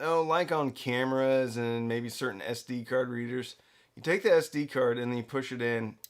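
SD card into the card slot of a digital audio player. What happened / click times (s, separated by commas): The card is being handled but has not clicked into its slot yet / none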